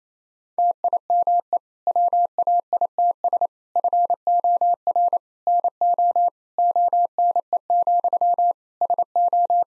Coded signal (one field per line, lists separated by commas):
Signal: Morse code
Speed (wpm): 28 wpm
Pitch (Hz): 700 Hz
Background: none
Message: TIME WAITS FOR NO ONE, SO